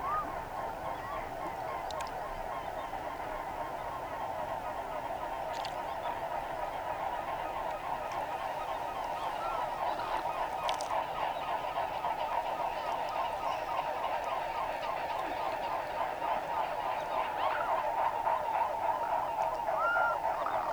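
A dense, continuous chorus of gabbling, honking waterfowl on the floodplain, the calls overlapping into a steady mid-pitched clamour. It holds level throughout, growing slightly louder toward the end, with a few brief sharper sounds cutting through around 2, 5 and 11 seconds.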